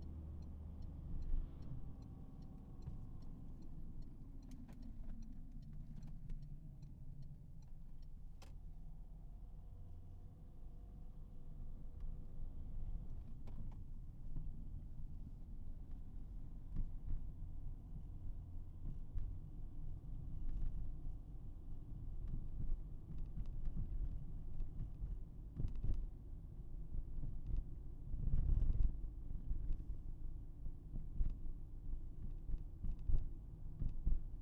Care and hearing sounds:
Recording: everyday scene through a hearing-aid microphone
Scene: in a vehicle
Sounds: engine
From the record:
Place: Berlingo II, diesel engine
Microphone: behind the ear, right, front

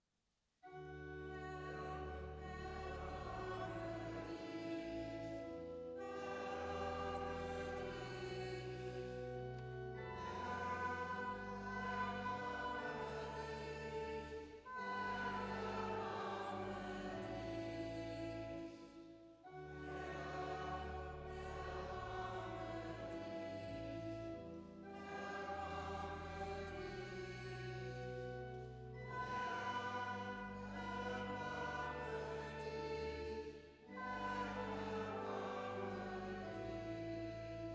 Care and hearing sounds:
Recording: everyday scene through a hearing-aid microphone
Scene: reverberant space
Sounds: music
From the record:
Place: church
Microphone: in the ear canal, left

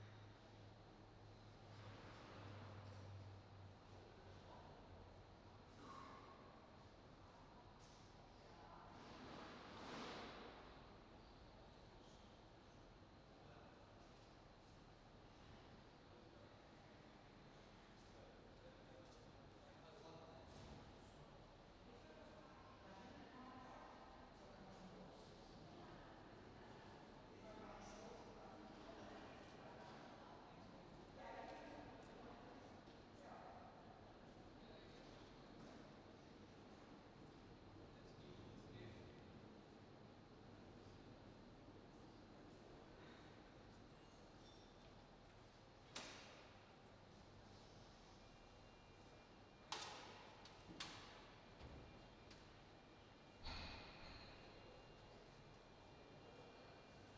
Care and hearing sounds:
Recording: everyday scene through a hearing-aid microphone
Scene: reverberant space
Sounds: background noise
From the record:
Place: railway station hall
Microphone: in the ear canal, right

